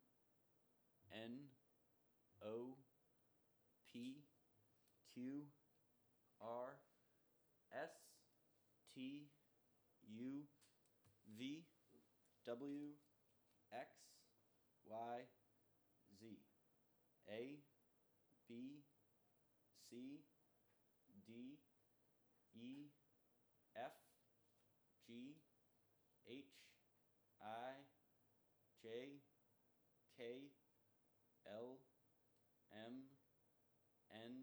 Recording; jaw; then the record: letters of the alphabet, spoken; free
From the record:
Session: first day, before the bite bar